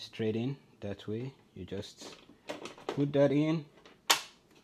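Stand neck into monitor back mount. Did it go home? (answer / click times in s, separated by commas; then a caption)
yes / 4.1 s. Someone talks while pushing the neck of the monitor stand straight into the mount on the back of a face-down Dell P2722H 27-inch Full HD IPS monitor. A sharp, loud snap at 4.1 s marks the stand locking into place.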